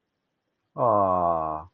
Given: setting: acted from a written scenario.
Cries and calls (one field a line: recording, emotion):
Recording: vocal sound without words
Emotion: adoration